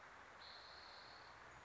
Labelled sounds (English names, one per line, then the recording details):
Spotted Towhee
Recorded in Sonoma County, California